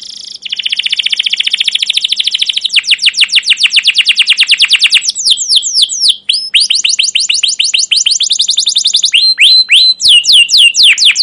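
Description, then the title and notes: Canary song: opens with a dense buzzy trill, then long runs of fast descending chirps and whistled notes in varied rhythms. Caged canary song used as a lure and tutor recording for training young canaries to learn the sound; described as long continuous chirping song, 'cuit cuit ngerol'. "CUIT CUIT NGEROL LANGSUNG GACOR PANJANG Kenari Ini AMPUH Utk Pancingan KENAR. PANCINGAN Kenari GACOR PANJANG Cuit CUIT EMOSI ini AMPUH utk MASTERAN Kenari PAUD belajar BUNYI. burung kenari"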